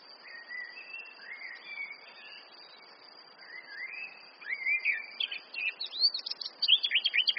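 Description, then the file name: Eurasian blackcap song beginning with quiet low warbled slurs, then rising into a loud, rapid run of high, sharp twittering notes toward the end. "Sylvia atricapilla"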